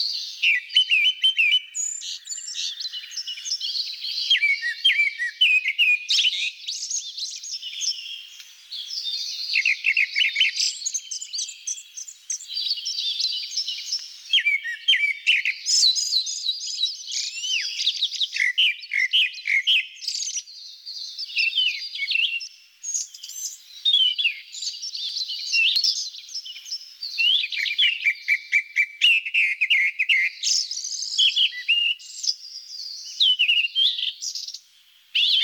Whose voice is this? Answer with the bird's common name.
Grey-backed Thrush